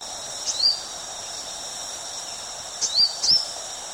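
Purple-cheeked sunbird giving a few high, thin chipping calls, near the start and again near the end, over a steady high insect drone.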